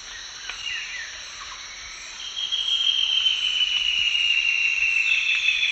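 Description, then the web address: Ash-breasted antbird song: a long, fast run of notes sliding slightly downward, starting after about two seconds, over a steady high insect drone. Duet; eastern lowlands of South America. "Natures Songs S America Eastern Lowlands. Myrmoborus lugubris, duet"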